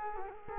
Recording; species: mosquito wingbeat signal from an infrared sensor; Culex quinquefasciatus